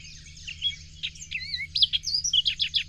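Bird song: twittering chirps building into loud, rapidly repeated whistled notes and trills, with a low hum beneath.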